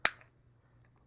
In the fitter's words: you can hear the popping